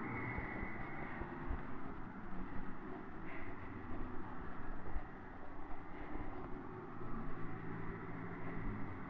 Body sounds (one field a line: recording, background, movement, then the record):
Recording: deep breathing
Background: traffic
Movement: walking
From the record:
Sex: female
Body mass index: 22.6 kg/m2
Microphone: on the chest, facing the body